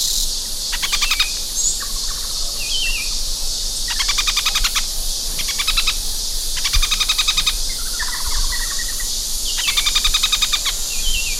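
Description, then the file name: Bird giving bursts of fast rattling pulses, several times, with a few softer whistled notes between them and constant high-pitched hiss behind. "SABIOD 50 bird 2015"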